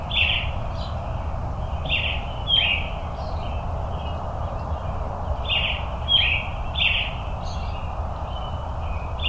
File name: robin